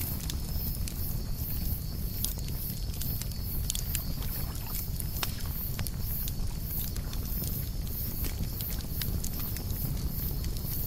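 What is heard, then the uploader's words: A campfire roars with a steady low rumble, sharp crackles and pops snapping throughout, and a faint high pulsing hiss running above. Fire Roaring: campfire sounds at night - Bergen, Norway.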